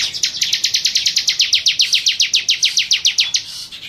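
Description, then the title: Bar-winged prinia song: a fast, loud series of many sharp, high chirps in a steady rhythm. "Suara Burung Ciblek"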